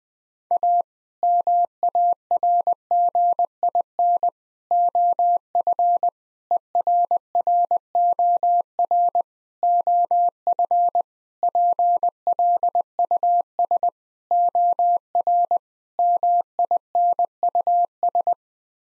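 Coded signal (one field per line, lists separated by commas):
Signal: Morse code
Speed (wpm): 20 wpm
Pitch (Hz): 700 Hz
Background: none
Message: A MARGIN OF ERROR OF PLUS OR MINUS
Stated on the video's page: Morse head-copy drill of common 8-word groups at 20 wpm, each sent, spoken, then sent again.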